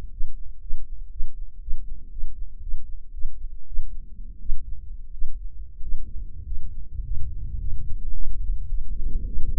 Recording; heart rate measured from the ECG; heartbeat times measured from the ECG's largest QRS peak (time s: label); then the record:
heart sounds by microphone in the left ear; 105 bpm
0.12 s: heartbeat
0.62 s: heartbeat
1.12 s: heartbeat
1.62 s: heartbeat
2.12 s: heartbeat
2.63 s: heartbeat
3.14 s: heartbeat
3.68 s: heartbeat
4.41 s: heartbeat
5.13 s: heartbeat
5.83 s: heartbeat
6.46 s: heartbeat
7.05 s: heartbeat
7.61 s: heartbeat
8.15 s: heartbeat
8.70 s: heartbeat
9.26 s: heartbeat
From the record:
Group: healthy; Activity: rest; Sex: male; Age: 23 years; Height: 179 cm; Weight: 87 kg